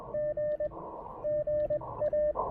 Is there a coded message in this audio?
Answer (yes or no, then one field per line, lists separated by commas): yes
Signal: Morse code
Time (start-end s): 0.1-2.3 s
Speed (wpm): 20 wpm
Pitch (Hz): 600 Hz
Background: radio noise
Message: G GA